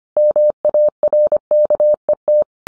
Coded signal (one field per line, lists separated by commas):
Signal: Morse code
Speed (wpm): 25 wpm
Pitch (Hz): 600 Hz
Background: none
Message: MARKET